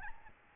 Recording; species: mosquito wingbeat signal from an infrared sensor; Aedes albopictus